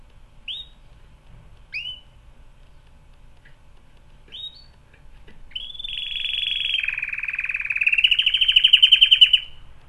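Canary song: spaced short rising notes, then a long, fast rolling trill that drops lower and climbs back into a louder, rattling finish.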